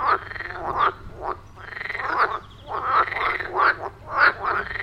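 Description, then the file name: Frogs giving loud rattling croaks, several rough pulsed bursts in quick succession. "Froesche"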